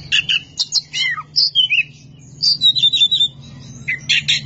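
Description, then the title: Oriental magpie-robin song: quick mix of sweet whistles, falling slurred notes and short buzzy bursts, over a steady low hum. Champion singing bird. "Kicau Burung Kacer Juara"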